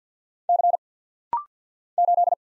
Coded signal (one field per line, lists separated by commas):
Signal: Morse code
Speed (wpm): 50 wpm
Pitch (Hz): 700 Hz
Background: none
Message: C 8